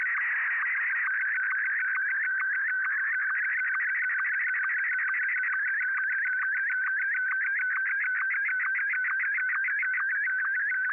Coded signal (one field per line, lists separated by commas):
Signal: SSTV (slow-scan television)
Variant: Martin 1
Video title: N6NA SSTV Net ISS Picture Night - 10/7/2020